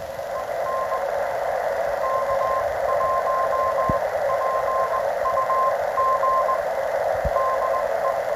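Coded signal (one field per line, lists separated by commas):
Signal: Morse code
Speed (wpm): 20 wpm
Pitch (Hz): 1050 Hz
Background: radio noise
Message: EN K1PUG DE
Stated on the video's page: Heard on a Heathkit HR-1680 SSB/CW amateur receiver.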